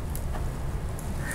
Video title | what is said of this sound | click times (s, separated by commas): Dell PowerEdge R6515 Server Memory Overview & Upgrade - How to Install Memory - Supported DIMMs | that was actually really quiet but you'll normally hear two clicks and those two clicks | 0.1 s, 1.0 s